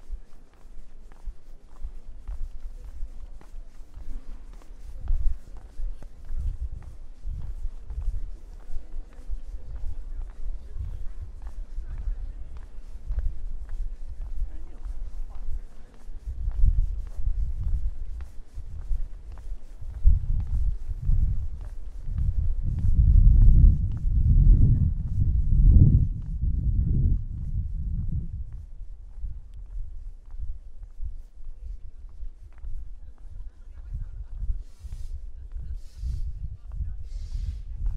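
A walk through Prague, with steady low rumbling and scattered footfalls and knocks throughout. Faint voices surface now and then, and the low thudding grows heavier between about 23 and 28 seconds. Near 35 seconds come two brief, high, hissing bursts.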